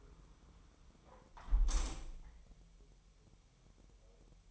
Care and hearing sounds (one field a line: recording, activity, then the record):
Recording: daily activity, microphone in the room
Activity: close window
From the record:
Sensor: 1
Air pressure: 999.9 hPa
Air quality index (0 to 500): 236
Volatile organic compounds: 106 ppm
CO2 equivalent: 3792 ppm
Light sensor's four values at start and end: 11/27/11/12 and 10/25/10/11